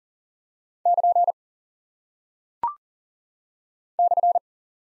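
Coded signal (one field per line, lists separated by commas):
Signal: Morse code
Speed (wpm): 39 wpm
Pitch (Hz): 700 Hz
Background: none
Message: <KN> /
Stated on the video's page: Morse code head-copy drill of punctuation and prosign characters at 40 wpm, each sent twice around a spoken answer.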